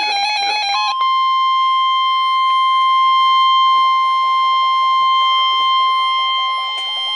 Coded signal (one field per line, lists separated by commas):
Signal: Emergency Alert System (SAME) tones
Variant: 1050 Hz attention tone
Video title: NOAA - Severe T-Storm Warning (EAS #1,373)